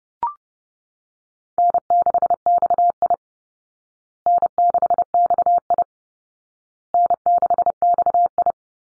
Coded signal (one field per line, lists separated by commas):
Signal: Morse code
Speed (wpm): 30 wpm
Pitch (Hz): 700 Hz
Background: none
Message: N6XI N6XI N6XI